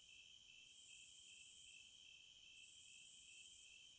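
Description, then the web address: Cicada buzz: a very high buzzing swell lasting about a second, repeated after a pause, over a constant lower steady tone. "Sounds of Nature Collection 30 Cicadas"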